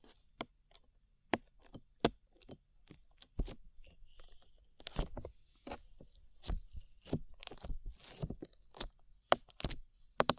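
Sticky slime sounds made of sharp, wet clicks and pops that come in irregular bursts, with quiet gaps between them. Around five to six seconds the squelching thickens into denser, smacking textures, then sparse crisp snaps return near the end.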